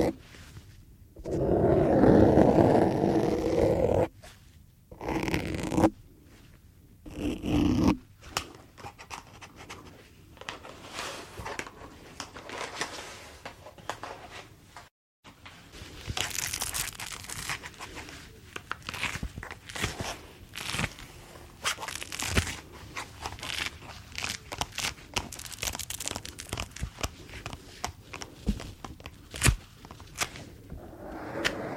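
Rubber and latex gloves being handled, opening with a few loud, dense bursts of rubbing and snapping in the first eight seconds. After a brief silence near fifteen seconds, quieter crinkly stretching and squeaking continues in quick, uneven pulses with sharp bright clicks.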